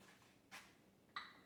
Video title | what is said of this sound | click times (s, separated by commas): Food Bank Haul / Canning Jam / Cooking Dinner, For My Family Of 7 | Oh, that already sealed. I heard it pop. | 1.2 s